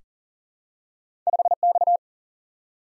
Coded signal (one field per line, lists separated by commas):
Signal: Morse code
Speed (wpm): 40 wpm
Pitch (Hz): 700 Hz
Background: none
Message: 5 X